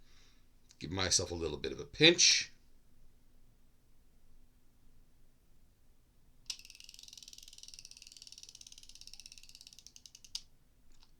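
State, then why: Seated. Someone talks briefly, then a plastic Ozempic injector pen is pressed into a pinched injection site to deliver a dose. Its mechanism ratchets through a steady whirring stretch with clicks at 6.5, 7.8, 7.9, 9.2, 9.3 and 10.4 seconds. The dose is delivered and the injection is done.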